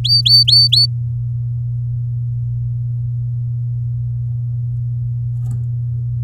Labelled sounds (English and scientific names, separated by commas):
Domestic Canary (Serinus canaria) song